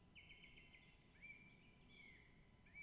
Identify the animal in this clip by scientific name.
Turdus philomelos